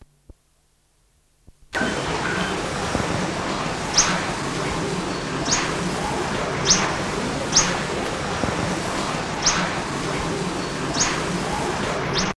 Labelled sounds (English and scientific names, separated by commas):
Fork-tailed Sunbird (Aethopyga christinae) call